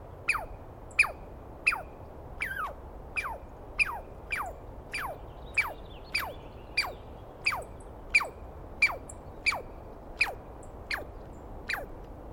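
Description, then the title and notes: Douglas squirrel calls: loud, sharp descending squeals repeated about every 0.7 seconds. Recorded at dawn on 21 April 2017 in the East Cascades; a single screaming Douglas pine squirrel called at length at the recordist; identified by sound, not clearly seen. "On the morning of 21 April, 2017, I set up my microphones and recorder for a nice dawn recording in the East Cascades. It was early, and I started to fall asleep while recording. Instead of lulling off into dreamland, I was started awake by a screaming Douglas Pine Squirrel."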